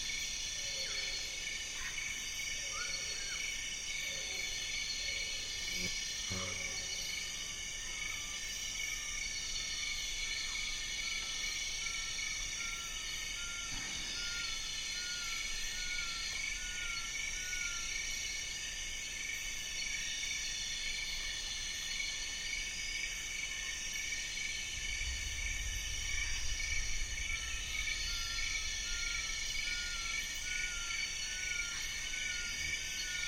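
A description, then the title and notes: A dense, unbroken insect chorus fills a rainforest at dusk, loud and high-pitched from start to finish. Birds call over it: a repeated run of short notes in the middle and again near the end, plus a few lower calls early on. Distant thunder rumbles low around the 25-second mark. Turacos, hornbills, parrots and other birds prepare for the night. Recorded in the Congo Basin Rainforest with a pair of DPA 4061 HDs going into a Sound Devices Mixpre D and a Sony PCM M10. Dusk falls in Mohoba forest as a distant thunderstorm rumbles. The insect chorus is deafening.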